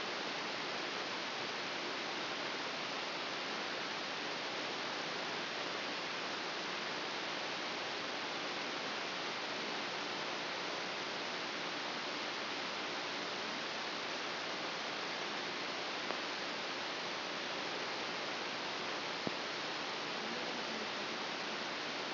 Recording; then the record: brain microelectrode recording played as sound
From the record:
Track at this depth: outside the subthalamic nucleus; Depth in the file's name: 1.238 mm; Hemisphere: left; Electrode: 3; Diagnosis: Parkinson's disease